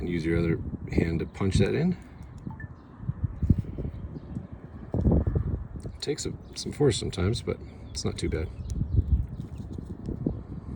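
A plastic drip emitter barb is pushed by hand into polyethylene drip line tubing after the hole has been started. Someone talks while the part is handled, and there are faint taps and rustling between the speech. The emitter has not seated or clicked in yet.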